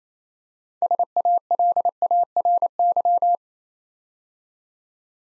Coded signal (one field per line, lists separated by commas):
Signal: Morse code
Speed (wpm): 28 wpm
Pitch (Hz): 700 Hz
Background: none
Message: SALARY